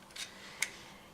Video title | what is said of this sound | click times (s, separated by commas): BSS51601615161420 | mèche au niveau de la pince, vous voyez, ça clipse comme ça. | 0.6 s